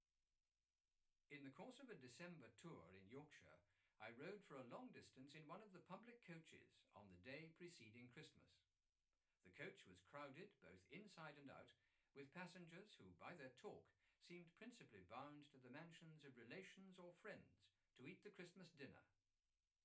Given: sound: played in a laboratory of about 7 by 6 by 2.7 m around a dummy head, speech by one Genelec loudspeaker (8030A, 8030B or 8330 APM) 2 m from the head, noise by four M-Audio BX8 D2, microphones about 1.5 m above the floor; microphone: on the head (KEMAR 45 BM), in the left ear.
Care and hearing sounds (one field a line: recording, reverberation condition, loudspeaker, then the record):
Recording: male speech in English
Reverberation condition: low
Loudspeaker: 150 degrees to the left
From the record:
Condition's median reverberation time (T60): about 310 ms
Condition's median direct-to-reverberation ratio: about 3.5 dB